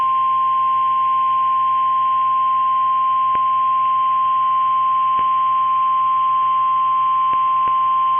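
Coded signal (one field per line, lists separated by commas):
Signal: Emergency Alert System (SAME) tones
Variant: 1050 Hz attention tone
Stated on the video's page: Real Flash Flood Warning SAME alert tones for Dakota, Hennepin and Washington Counties, Minnesota; valid EAS tones.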